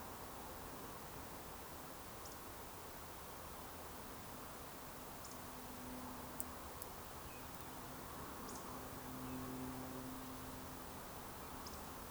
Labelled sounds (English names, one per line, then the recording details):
Eurasian Woodcock
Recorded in Baden-Württemberg, Germany, on 27 June 2020 at 20:02 UTC
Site 43791, 788 m above sea level